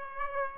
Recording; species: mosquito wingbeat signal from an infrared sensor; Aedes aegypti